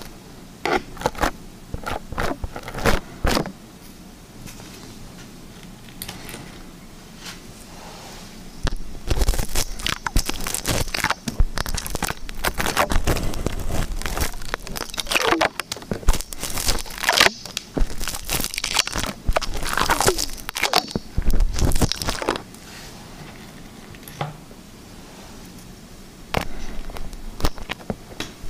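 Liquid slime being squished and stretched, with a steady run of sticky, crackling pops and squelches. The handling grows busier and louder from about 9 to 22 seconds, then settles back to sparser, quieter clicks before picking up again near the end.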